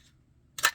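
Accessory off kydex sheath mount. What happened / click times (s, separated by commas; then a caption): The accessory snapped off its plastic mount / 0.6 s. An accessory is popped off a kydex sheath mount after its set screw has been loosened a little. The sharp snap at 0.6 s releases it, with a brighter burst of sound just after and a small tick near the end.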